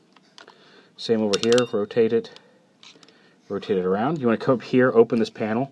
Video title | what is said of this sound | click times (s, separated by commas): FansToys FT-03 QUAKE WAVE | so it goes up to the top, and then you'll see there's a little divot here and a little clicker here on the elbow, and you just snap that into place. | 0.4 s